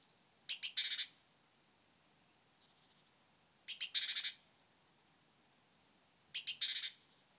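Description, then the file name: Great tit churr calls, three bursts of clipped ticks and grating buzz separated by a few seconds of quiet. "Parus major"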